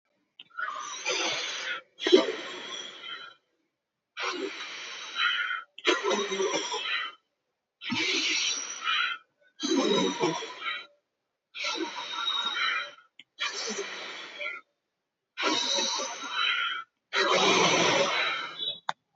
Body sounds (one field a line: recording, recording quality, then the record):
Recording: deep breathing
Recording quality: moderate, slight background noise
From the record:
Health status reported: healthy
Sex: male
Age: 28 years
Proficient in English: yes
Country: India